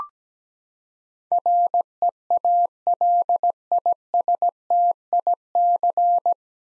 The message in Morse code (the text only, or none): REALISTIC